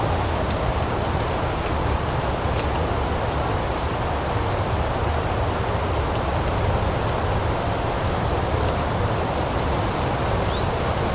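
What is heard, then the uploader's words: Wind roars steadily through the trees, a dense, unbroken rumble heavy in the lows, with faint regular high chirps pulsing throughout. The wind blowing through the trees on a windy day at the park. The gentle rustling of leaves, the soft whistling of the wind, and the occasional distant bird chirping.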